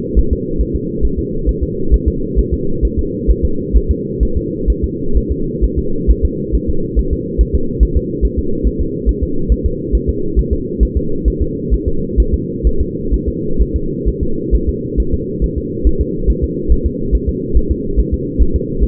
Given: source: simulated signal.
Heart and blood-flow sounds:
fetal heart sounds
0.19 s: S1
0.33 s: S2
0.61 s: S1
0.76 s: S2
1.05 s: S1
1.19 s: S2
1.49 s: S1
1.63 s: S2
1.94 s: S1
2.08 s: S2
2.39 s: S1
2.54 s: S2
2.85 s: S1
2.99 s: S2
3.31 s: S1
3.45 s: S2
3.76 s: S1
3.91 s: S2
4.23 s: S1
4.37 s: S2
4.70 s: S1
4.84 s: S2
5.17 s: S1
5.31 s: S2
5.64 s: S1
5.79 s: S2
6.11 s: S1
6.25 s: S2
6.55 s: S1
6.69 s: S2
6.99 s: S1
7.13 s: S2
7.41 s: S1
7.55 s: S2
7.83 s: S1
7.97 s: S2
8.25 s: S1
8.39 s: S2
8.67 s: S1
8.81 s: S2
9.09 s: S1
9.23 s: S2
9.52 s: S1
9.66 s: S2
9.95 s: S1
10.09 s: S2
10.39 s: S1
10.53 s: S2
10.83 s: S1
10.97 s: S2
11.28 s: S1
11.42 s: S2
11.74 s: S1
11.88 s: S2
12.20 s: S1
12.34 s: S2
12.67 s: S1
12.81 s: S2
13.14 s: S1
13.28 s: S2
13.62 s: S1
13.76 s: S2
14.09 s: S1
14.23 s: S2
14.55 s: S1
14.69 s: S2
15.00 s: S1
15.14 s: S2
15.44 s: S1
15.58 s: S2
15.87 s: S1
16.01 s: S2
16.30 s: S1
16.44 s: S2
16.72 s: S1
16.86 s: S2
17.15 s: S1
17.29 s: S2
17.57 s: S1
17.71 s: S2
18.00 s: S1
18.14 s: S2
18.42 s: S1
18.56 s: S2
18.84 s: S1
From the record:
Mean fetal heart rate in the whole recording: 135 bpm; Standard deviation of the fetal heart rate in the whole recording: 3 bpm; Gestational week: 34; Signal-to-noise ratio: -8.1 dB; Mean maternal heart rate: 72 bpm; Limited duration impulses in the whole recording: absent

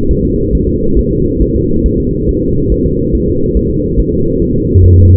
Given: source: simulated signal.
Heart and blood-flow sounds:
fetal heart sounds
0.11 s: S1
0.25 s: S2
0.55 s: S1
0.69 s: S2
0.99 s: S1
1.13 s: S2
1.42 s: S1
1.56 s: S2
1.86 s: S1
2.00 s: S2
2.29 s: S1
2.43 s: S2
2.72 s: S1
2.86 s: S2
3.15 s: S1
3.29 s: S2
3.57 s: S1
3.71 s: S2
4.00 s: S1
4.14 s: S2
4.42 s: S1
4.56 s: S2
4.84 s: S1
4.98 s: S2
From the record:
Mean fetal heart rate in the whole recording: 140 bpm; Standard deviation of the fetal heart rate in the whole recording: 2 bpm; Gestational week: 34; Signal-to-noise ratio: -15.3 dB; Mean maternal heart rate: 72 bpm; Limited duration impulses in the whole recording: present

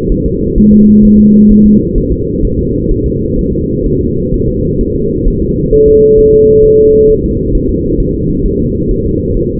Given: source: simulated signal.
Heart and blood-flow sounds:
fetal heart sounds
0.12 s: S1
0.26 s: S2
0.58 s: S1
0.73 s: S2
1.05 s: S1
1.19 s: S2
1.52 s: S1
1.66 s: S2
1.98 s: S1
2.12 s: S2
2.45 s: S1
2.59 s: S2
2.91 s: S1
3.06 s: S2
3.39 s: S1
3.53 s: S2
3.86 s: S1
4.01 s: S2
4.34 s: S1
4.48 s: S2
4.81 s: S1
4.95 s: S2
5.28 s: S1
5.42 s: S2
5.74 s: S1
5.88 s: S2
6.19 s: S1
6.34 s: S2
6.65 s: S1
6.79 s: S2
7.10 s: S1
7.24 s: S2
7.55 s: S1
7.69 s: S2
8.00 s: S1
8.15 s: S2
8.46 s: S1
8.60 s: S2
8.91 s: S1
9.06 s: S2
9.37 s: S1
9.51 s: S2
From the record:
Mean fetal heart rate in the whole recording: 130 bpm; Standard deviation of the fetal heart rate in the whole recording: 4 bpm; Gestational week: 38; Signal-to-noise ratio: -10.2 dB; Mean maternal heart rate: 72 bpm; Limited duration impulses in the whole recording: present

